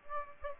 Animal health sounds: mosquito wingbeat signal from an infrared sensor; Aedes aegypti

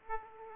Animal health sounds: mosquito wingbeat signal from an infrared sensor; Aedes aegypti

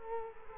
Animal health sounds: mosquito wingbeat signal from an infrared sensor; Culex quinquefasciatus

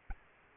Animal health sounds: mosquito wingbeat signal from an infrared sensor; Aedes albopictus

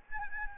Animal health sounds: mosquito wingbeat signal from an infrared sensor; Aedes albopictus

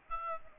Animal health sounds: mosquito wingbeat signal from an infrared sensor; Aedes albopictus

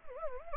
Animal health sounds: mosquito wingbeat signal from an infrared sensor; Anopheles gambiae

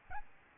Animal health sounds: mosquito wingbeat signal from an infrared sensor; Aedes albopictus

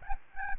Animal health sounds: mosquito wingbeat signal from an infrared sensor; Aedes albopictus

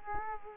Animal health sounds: mosquito wingbeat signal from an infrared sensor; Culex quinquefasciatus

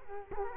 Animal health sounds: mosquito wingbeat signal from an infrared sensor; Culex quinquefasciatus

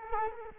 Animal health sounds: mosquito wingbeat signal from an infrared sensor; Culex quinquefasciatus

